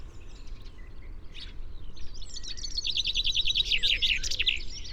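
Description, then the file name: Common chaffinch song, a quick descending trill that ends in an accented flourish, after a few scattered faint bird notes. "Fringilla coelebs"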